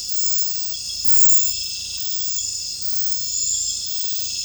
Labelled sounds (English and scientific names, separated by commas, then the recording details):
none
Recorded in secondary vegetation near Puerto Asís, Putumayo, Colombia, on 16 December 2024 at 20:30
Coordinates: 0.499, -76.323
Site G010